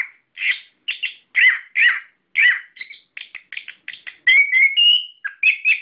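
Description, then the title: Bird chirping song, a fast string of short buzzy and whistled notes, some sliding and rising, delivered in quick bursts with brief gaps. "SuaraBurung Kicau4"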